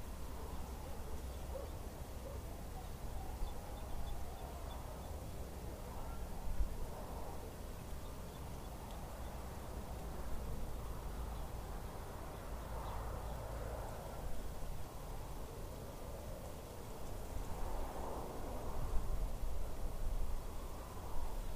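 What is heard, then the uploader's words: Wind in a small Midwest town blows in a steady, low roar that fills the whole clip. Gusts swell and fade in slow waves, rising most noticeably around seven, thirteen and eighteen seconds, with a constant low rumble underneath. On today's episode we enjoy a binaural recording of winds in a small Mid West town.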